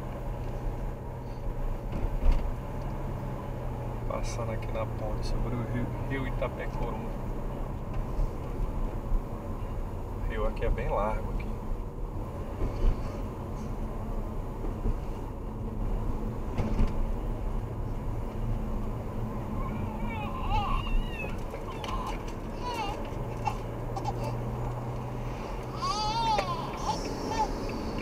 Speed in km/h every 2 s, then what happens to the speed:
33, 35, 38, 41, 41, 42, 44, 46, 49, 46, 45, 51, 55, 60.
0-16 speeds up to 49. 20-25 speeds up to 60.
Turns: none.